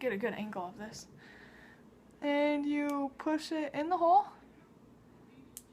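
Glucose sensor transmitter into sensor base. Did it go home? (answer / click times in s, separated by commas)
yes / 5.6 s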